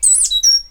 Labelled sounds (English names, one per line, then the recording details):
Stitchbird song
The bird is a male
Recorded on Tiritiri Matangi Island, New Zealand, in 2005
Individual 8, of nest box 10